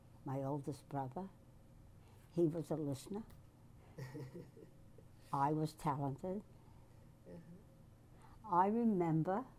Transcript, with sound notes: My oldest brother. He was a listener. [chuckles] I was talented.
Uh-huh.
I remember